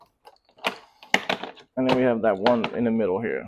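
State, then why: Released. The two side latches on a hard plastic Metabo tool case, the case for the Metabo 18V Triple Hammer 1/4" impact driver (WH18DC), are flipped open by hand, with sharp clicks at 0.7 s and 1.1 s and a few smaller knocks around them. Both latches are released, and someone then talks.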